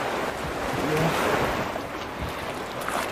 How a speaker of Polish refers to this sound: Różne hecenu wyprawia ta woda. No ale co zrobić? Dunajec jest strasznie bystro woda, no to robi jak się jej podoba.